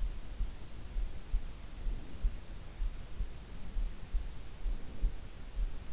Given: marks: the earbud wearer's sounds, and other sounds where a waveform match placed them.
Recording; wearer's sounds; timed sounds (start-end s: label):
sounds in sleep by an in-ear microphone; breath
1.66-2.42 s: breath
4.46-5.23 s: breath